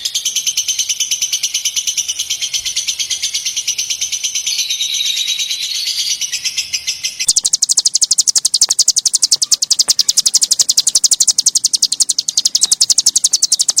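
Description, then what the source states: White-eye song: rapid high twittering that switches halfway to sharper, clipped notes repeated at a quick, steady pace. White-eye training song, bird in full song (gacor) with rapid bursts (tembakan).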